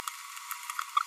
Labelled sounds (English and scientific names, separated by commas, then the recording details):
Green-rumped Parrotlet (Forpus passerinus) babbling
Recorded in a nest box in Venezuela
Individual 18B25A3